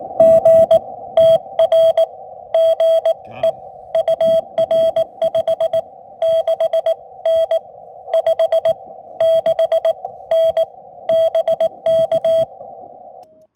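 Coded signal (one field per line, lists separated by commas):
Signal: Morse code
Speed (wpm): 17 wpm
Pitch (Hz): 650 Hz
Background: none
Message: GTR GE UR 56N 56N BK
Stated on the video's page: QRP POTA CW activation using paddles and a Chameleon TDL antenna; radios include FX-4CR and Xiegu 6200.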